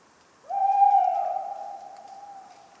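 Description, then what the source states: Tawny owl hoot: a single drawn-out, even note starting abruptly and slowly fading over two seconds, nothing else clearly heard. Talkative bird on a cold autumn night, 11 November 1995, at the Ménigoute ornithological film festival, France.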